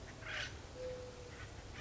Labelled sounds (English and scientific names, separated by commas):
Acorn Woodpecker (Melanerpes formicivorus)